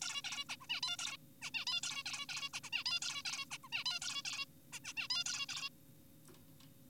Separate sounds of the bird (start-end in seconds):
0.02-0.22, 0.24-0.44, 0.49-0.56, 0.61-0.67, 0.70-0.81, 0.83-0.97, 0.99-1.17, 1.42-1.51, 1.54-1.65, 1.67-1.81, 1.83-2.03, 2.06-2.26, 2.29-2.49, 2.54-2.60, 2.64-2.70, 2.73-2.84, 2.86-3.00, 3.02-3.22, 3.25-3.45, 3.51-3.58, 3.64-3.69, 3.72-3.84, 3.86-4.00, 4.02-4.22, 4.25-4.45, 4.73-4.80, 4.84-4.94, 4.97-5.08, 5.10-5.24, 5.26-5.46, 5.49-5.69